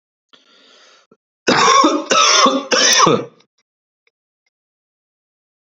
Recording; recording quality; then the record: heavy voluntary cough; excellent, no background noise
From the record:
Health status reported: healthy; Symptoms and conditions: none ticked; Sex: male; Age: 31 years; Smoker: not ticked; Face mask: not worn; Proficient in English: yes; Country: India